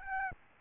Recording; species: mosquito wingbeat signal from an infrared sensor; Aedes albopictus